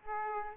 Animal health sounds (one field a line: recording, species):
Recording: mosquito wingbeat signal from an infrared sensor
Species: Aedes aegypti